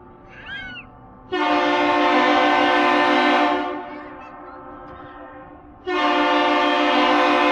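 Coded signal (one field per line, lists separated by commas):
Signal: ship horn signal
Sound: deep ship horn sounds two long blasts; the second runs to the end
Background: faint bird chirp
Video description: At the end of the their 1 long 2 short, 1 long the bridge thinking it was a Captains Salute started their reply. Some what like me with my wife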